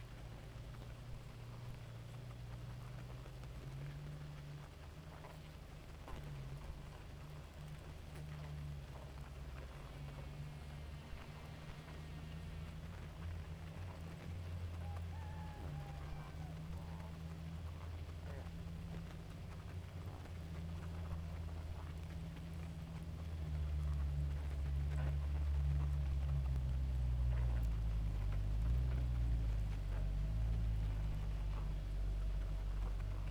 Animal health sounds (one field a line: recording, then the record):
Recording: honeybee colony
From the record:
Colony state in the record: active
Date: 28 July 2017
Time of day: 2:42